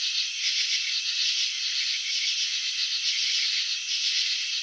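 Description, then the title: Cricket chirping, a short stretch of continuous high trilling made of tightly spaced pulses. Crickets chirping, filmed in slow motion; wing vibrations and antenna movements shown. "Crickets in Slow Motion 📷. Capturing the Elegance of Chirping"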